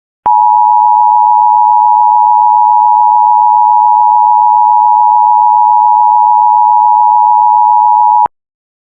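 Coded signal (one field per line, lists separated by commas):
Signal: Emergency Alert System (SAME) tones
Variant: 853 and 960 Hz attention tone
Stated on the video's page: Real Required Monthly Test of the Emergency Alert System in Maryland.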